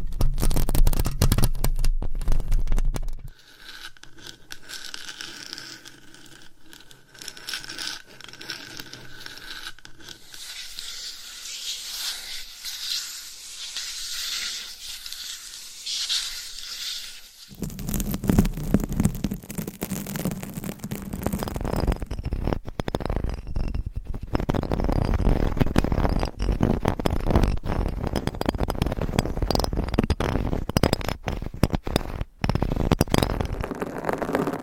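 Fingernails scratch across a mic cover in dense, rapid bursts of rough, crackling friction, full from low rumble up to bright hiss. From about 3 to 17 seconds the scratching turns lighter and thinner, with less low end, then heavy, fuller scratching returns and continues to the end.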